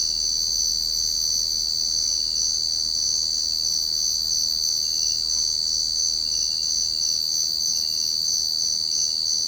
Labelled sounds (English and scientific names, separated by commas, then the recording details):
none
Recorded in secondary vegetation near Puerto Asís, Putumayo, Colombia, on 21 March 2025 at 06:00
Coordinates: 0.488, -76.319
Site G095